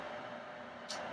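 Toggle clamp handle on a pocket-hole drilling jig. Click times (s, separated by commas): 0.9 s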